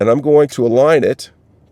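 Someone talks while lining up the plastic back panel of a Subaru Outback key fob with the fob housing. Aside from the voice there is only faint background noise, and no click is heard. The panel has not snapped on yet; nothing has seated.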